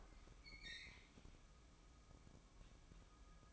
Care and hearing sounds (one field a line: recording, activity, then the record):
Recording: daily activity, microphone in the room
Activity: open fridge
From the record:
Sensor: 1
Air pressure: 1007.7 hPa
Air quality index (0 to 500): 91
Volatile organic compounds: 1 ppm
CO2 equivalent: 781 ppm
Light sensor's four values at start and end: 14/34/14/16 and 14/34/14/16